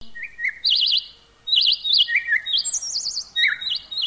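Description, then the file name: Bird song: short buzzy trilled phrases at varied pitches, some high and wavering, others lower, separated by brief pauses. "tiengchimhot dangcapnhat"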